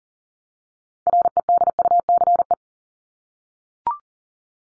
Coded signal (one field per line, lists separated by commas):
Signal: Morse code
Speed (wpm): 40 wpm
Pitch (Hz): 700 Hz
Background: none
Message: REDUCE